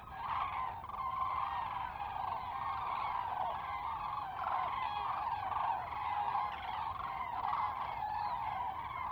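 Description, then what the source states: Common cranes in a constant, thick chorus of overlapping trumpeting calls with no clear breaks. Several birds on a close fly-by at Lac du Der, France, 10 January 2021.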